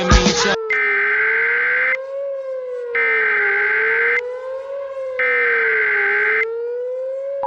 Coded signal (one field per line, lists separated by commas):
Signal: Emergency Alert System (SAME) tones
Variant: header bursts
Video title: EAS Scenario - The Large Tornado Alley